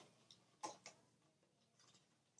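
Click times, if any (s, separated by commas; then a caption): 0.6 s. The retaining tabs of a motherboard DIMM slot are pushed back, and an installed RAM module pops out of the slot to show its notch. A sharp click at 0.7 s marks the release, followed by a second click at about 0.9 s, with fainter ticks near 0.3 s and 2.4 s. The RAM module is released from the slot.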